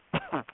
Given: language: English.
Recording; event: throat vibration sensor signal played as sound; cough